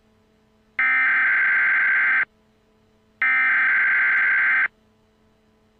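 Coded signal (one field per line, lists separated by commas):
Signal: Emergency Alert System (SAME) tones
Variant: header bursts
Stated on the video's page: Fictional game-themed EAS scenario, not a real alert.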